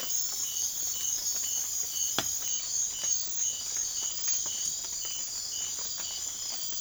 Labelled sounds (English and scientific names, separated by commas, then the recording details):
none
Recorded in secondary vegetation near Puerto Asís, Putumayo, Colombia, on 25 June 2025 at 02:00
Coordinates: 0.500, -76.326
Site GP08